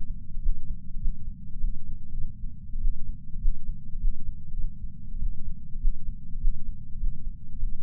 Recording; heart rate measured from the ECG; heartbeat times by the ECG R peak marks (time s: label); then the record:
heart sounds by patch sensor on the chest; 100 bpm
0.41 s: heartbeat
0.99 s: heartbeat
1.60 s: heartbeat
2.13 s: heartbeat
2.80 s: heartbeat
3.39 s: heartbeat
3.99 s: heartbeat
4.54 s: heartbeat
5.19 s: heartbeat
5.79 s: heartbeat
6.39 s: heartbeat
6.99 s: heartbeat
7.59 s: heartbeat
From the record:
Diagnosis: coronary artery disease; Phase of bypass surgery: postoperative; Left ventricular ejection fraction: 34.1%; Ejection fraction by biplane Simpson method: 29.5%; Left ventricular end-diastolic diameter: 66 mm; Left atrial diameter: 43 mm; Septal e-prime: 4.6 cm/s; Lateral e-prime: 6.7 cm/s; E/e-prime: 15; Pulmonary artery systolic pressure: 38 mmHg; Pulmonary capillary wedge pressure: 9 mmHg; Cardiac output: 3.4 L/min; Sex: male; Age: 47 years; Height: 180 cm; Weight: 90 kg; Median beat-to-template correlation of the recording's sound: 0.83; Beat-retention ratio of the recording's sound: 0.99